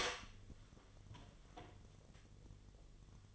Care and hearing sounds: daily activity, microphone in the room; open door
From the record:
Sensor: 4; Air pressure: 1007.9 hPa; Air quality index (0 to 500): 186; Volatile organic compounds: 6 ppm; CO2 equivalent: 1861 ppm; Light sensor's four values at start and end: 24/74/28/27 and 23/73/28/27

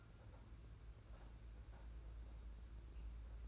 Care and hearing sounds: daily activity, microphone in the room; take from stove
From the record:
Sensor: 2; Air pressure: 991.9 hPa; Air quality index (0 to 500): 234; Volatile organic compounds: 1000 ppm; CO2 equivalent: 7852 ppm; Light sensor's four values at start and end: 17/56/21/20 and 17/56/21/20

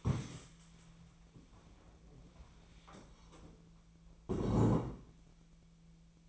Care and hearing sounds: daily activity, microphone in the room; stand up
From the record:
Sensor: 1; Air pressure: 1000.4 hPa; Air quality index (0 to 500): 176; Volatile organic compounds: 4 ppm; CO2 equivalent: 1632 ppm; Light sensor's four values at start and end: 12/28/12/13 and 12/29/12/14

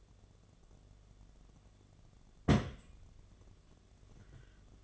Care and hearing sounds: daily activity, microphone in the room; place on stove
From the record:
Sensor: 4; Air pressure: 1011.1 hPa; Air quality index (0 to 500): 140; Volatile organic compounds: 3 ppm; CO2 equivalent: 1438 ppm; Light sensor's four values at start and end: 220/574/243/254 and 221/575/243/255

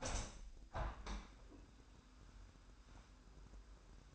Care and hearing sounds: daily activity, microphone in the room; open window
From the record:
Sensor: 2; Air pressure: 998.6 hPa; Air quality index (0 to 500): 141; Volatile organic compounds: 4 ppm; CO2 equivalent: 1597 ppm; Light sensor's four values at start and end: 8/18/8/8 and 8/19/8/9

